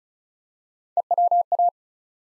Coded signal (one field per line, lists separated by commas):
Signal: Morse code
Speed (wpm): 36 wpm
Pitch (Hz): 700 Hz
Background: none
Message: EWA